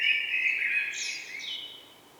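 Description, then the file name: Common blackbird phrase: a sustained mellow fluted note that breaks into a high, thin squeaky twitter and fades away. "Turdus merula"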